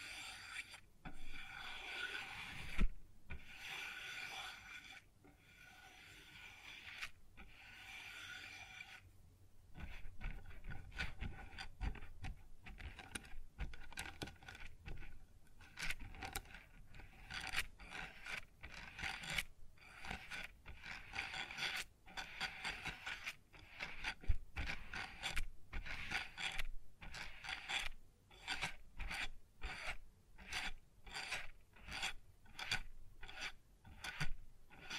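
Rubbing and scratching on a wooden surface, a dense rasping texture with a bright, hissy edge. Short pauses break it up, coming more often after about ten seconds, and a few sharper taps or knocks stand out, near three and twenty-four seconds.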